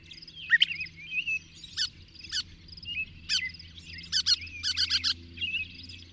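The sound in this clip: Bird song: sharp high chips and a rapid run of four clipped notes near the end, over soft warbling.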